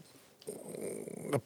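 After a quiet moment comes a low, droning gurgle lasting under a second, ending in a brief louder burst. This is an adult's stomach rumbling (borborygmi), the normal sound of gas and fluid moving through the gut.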